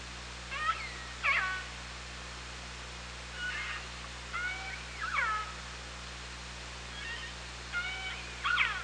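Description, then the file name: Killer whale calls, a series of bright harmonic squeals, some bending up or down, coming in clusters over constant hiss and a low hum. OrcaLab hydrophone, 24 August 2017. "Orca Lab UTLN JASON 20170824 170644"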